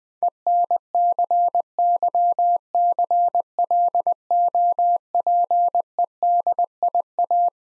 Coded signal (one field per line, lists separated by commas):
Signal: Morse code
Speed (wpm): 20 wpm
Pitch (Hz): 700 Hz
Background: none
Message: ENCYCLOPEDIA